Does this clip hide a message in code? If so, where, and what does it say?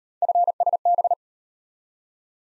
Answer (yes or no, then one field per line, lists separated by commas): yes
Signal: Morse code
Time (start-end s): 0.2-1.1 s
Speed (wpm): 38 wpm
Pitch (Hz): 700 Hz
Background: none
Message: FSB